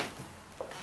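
A plastic anti-drop retainer clip is being handled and pushed up from the bottom, raised side up like a hat, toward the rubber damper (pillow) ball of a DJI Phantom 2 (New Version) H3-3D gimbal mount. A quiet rustle of handling opens the clip, followed by a brief sharp tap at 0.6 s. Nothing has seated or clicked yet.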